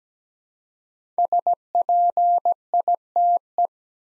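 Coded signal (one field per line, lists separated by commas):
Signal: Morse code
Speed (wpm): 17 wpm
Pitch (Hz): 700 Hz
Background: none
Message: SPITE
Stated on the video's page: Morse practice drill of 5-letter words at 17 wpm, each word sent twice around a spoken version, for head-copy.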